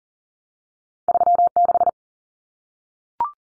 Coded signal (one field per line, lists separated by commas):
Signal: Morse code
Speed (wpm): 40 wpm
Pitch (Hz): 700 Hz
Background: none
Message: 36